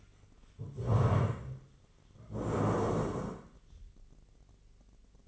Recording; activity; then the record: daily activity, microphone in the room; stand up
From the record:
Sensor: 4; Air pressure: 1013.2 hPa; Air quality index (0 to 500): 174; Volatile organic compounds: 2 ppm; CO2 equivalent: 1099 ppm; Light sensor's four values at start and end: 47/116/49/52 and 47/115/48/52